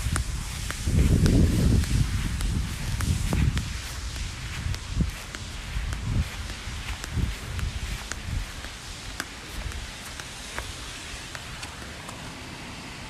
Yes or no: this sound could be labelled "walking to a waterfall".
yes